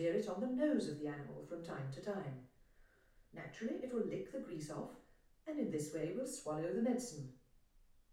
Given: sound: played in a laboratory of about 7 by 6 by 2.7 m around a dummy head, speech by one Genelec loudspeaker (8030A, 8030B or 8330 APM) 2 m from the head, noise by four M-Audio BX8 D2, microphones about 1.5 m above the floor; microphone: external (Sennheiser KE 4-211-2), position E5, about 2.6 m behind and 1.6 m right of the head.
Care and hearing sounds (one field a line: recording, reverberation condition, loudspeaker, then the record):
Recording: female speech in English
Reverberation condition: medium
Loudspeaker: 90 degrees to the left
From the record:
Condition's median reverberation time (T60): about 510 ms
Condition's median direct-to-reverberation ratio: about -0.5 dB